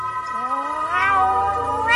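A black cat lets out a long, drawn-out meow lasting about two seconds, its pitch wavering and rising in the middle, then swelling louder at the end. No voices accompany it.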